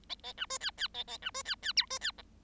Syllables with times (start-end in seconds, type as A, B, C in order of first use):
0.09-0.14 A, 0.23-0.33 A, 0.37-0.46 B, 0.50-0.58 C, 0.60-0.71 D, 0.77-0.88 D, 0.94-1.04 A, 1.07-1.18 A, 1.22-1.31 B, 1.34-1.43 C, 1.45-1.55 D, 1.62-1.73 D, 1.76-1.86 E, 1.90-1.99 C, 2.01-2.11 D, 2.18-2.22 F